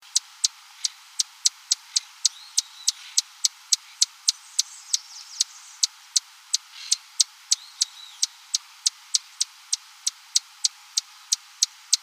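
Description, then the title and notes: Swallow-tailed hummingbird calls: sharp, dry ticking chips repeated steadily about three times per second, with faint high twitters in the background. "Áudio do pio do beija-flor-tesoura . Fonte: WikiAves."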